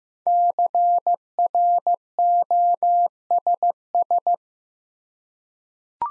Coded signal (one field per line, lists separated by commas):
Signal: Morse code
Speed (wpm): 15 wpm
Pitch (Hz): 700 Hz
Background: none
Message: CROSS